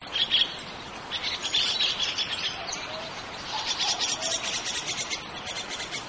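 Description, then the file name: Chestnut-cheeked starling calls, a busy mix of high chattering and squeaky notes, with steady background hiss. "komuku"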